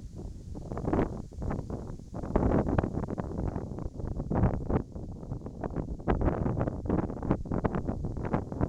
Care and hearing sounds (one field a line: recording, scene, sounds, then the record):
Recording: everyday scene through a hearing-aid microphone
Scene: wind on the microphone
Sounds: wind, whistling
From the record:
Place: in front of a rural house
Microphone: in the ear canal, right